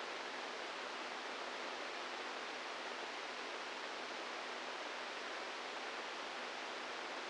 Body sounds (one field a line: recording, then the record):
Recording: brain microelectrode recording played as sound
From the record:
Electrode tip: inside the subthalamic nucleus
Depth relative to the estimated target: -1 mm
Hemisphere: right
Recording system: NeuroSet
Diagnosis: Parkinson's disease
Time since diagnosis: 8 years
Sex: male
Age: 46 years